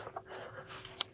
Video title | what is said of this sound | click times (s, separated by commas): Ultimate Tlyard Cybertruck Streaming Rearview Mirror Install: 32-Step Guide, Pitfalls, Tricks & Demo | I heard a click. | 1.0 s